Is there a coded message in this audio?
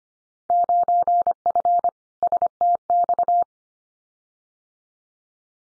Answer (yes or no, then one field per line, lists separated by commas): yes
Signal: Morse code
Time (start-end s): 0.5-3.4 s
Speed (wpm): 25 wpm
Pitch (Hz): 700 Hz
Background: none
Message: 9F STX